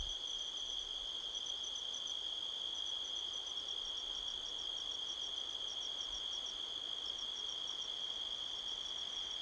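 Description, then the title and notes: Cricket chorus: a constant shrill tone beneath rapid, pulsing higher trills that come and go, with a faint breezy hiss underneath. Crickets chirping all around at midnight, 5 October 2023, in a canyon at Sedona, Arizona, USA, with strong wind rustling trees. "Midnight Soundscape, Sedona, Arizona, USA on 5th October 2023 – by Joe Harvey-Whyte. A strong wind blows across the canyon, rustling trees. The sound of crickets can be heard all around"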